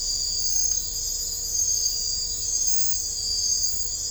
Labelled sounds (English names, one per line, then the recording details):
none
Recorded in dense forest near Puerto Asís, Putumayo, Colombia, on 21 December 2024 at 02:30
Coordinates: 0.500, -76.322
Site G053